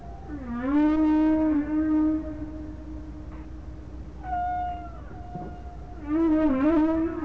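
Whale calls: long sustained moaning tones with bending pitch and stacked harmonics, a brief higher whistle midway, then a final wavering moan.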